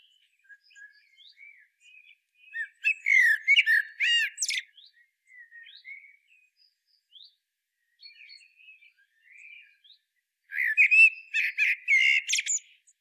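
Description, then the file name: Common blackbird singing two separate phrases several seconds apart, each mellow and fluted with a squeaky high flourish, soft scattered notes in between. "Turdus merula"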